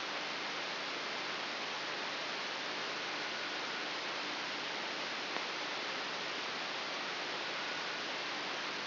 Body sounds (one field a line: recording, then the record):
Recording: brain microelectrode recording played as sound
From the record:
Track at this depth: inside the subthalamic nucleus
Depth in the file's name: 2.599 mm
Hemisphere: left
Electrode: 3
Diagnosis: Parkinson's disease